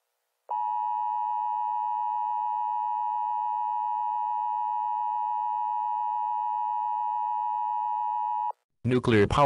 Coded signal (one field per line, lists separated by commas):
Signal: Emergency Alert System (SAME) tones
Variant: 853 and 960 Hz attention tone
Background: speech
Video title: Nuclear Karens: An EAS Scenario